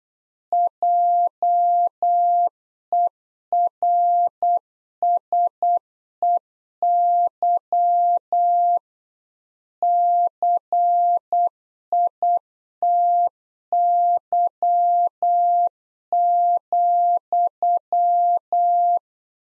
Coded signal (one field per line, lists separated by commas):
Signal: Morse code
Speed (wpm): 8 wpm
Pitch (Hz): 700 Hz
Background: none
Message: JERSEY CITY,